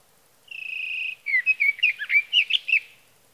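Sage thrasher song: a long steady whistled note, then a run of quick warbled phrases, each note varied and mostly high-pitched, in otherwise quiet surroundings.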